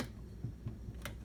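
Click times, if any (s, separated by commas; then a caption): none. A bobbin case is placed into the shuttle of a Kenmore Sears 148.14220 sewing machine while the latch lever is still held out. Soft low bumps are heard around 0.4 and 0.7 seconds, followed by a brief sharp tick at about 1.1 seconds. Because the lever is out, the bobbin case has not clicked or seated yet.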